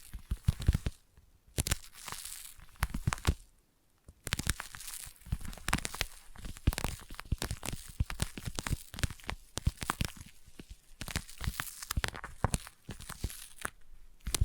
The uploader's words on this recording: ASMR Intense Sticky Tapping and Sticky Triggers (No Talking).